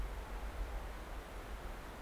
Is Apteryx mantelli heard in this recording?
no